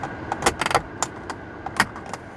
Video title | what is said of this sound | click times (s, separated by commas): 4K HDR Dashcam by Fitcamx - Acura MDX | snap it up in place and let everything clip in | 1.0 s, 1.8 s